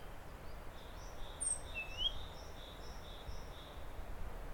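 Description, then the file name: Great tit giving a high falling note then a bright rising whistle over an even run of faint short notes and low rumble. "Parus major"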